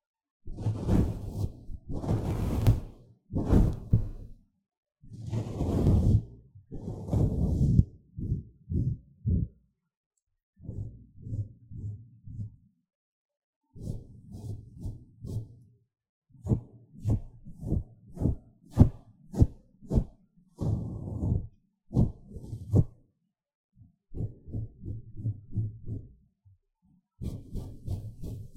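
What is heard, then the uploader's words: Ear blowing and mic touching with brushing: soft breathy whooshes come in bursts, strongest and longest in the first eight seconds. After a short pause, quicker, lighter puffs and brushing strokes follow in steady rhythmic runs, with brief silences between groups. 吹氣&&撫摸麥克風. Ear Blowing & Mic Touching, Brushing. NO Talking.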